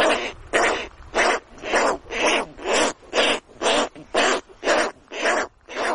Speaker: the next sound, these are petrel chicks. They're seabirds.